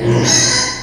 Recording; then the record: squeal of a Yucatan mini pig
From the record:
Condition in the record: before surgery on the right vocal fold (resection and tissue-engineered implant); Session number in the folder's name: 2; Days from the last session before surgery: 0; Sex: male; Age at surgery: 12 weeks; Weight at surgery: 13 kg